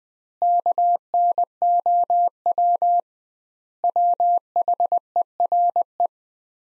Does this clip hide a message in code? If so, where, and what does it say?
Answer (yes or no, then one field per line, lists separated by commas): yes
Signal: Morse code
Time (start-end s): 0.4-6.1 s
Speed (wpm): 20 wpm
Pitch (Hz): 700 Hz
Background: none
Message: KNOW WHERE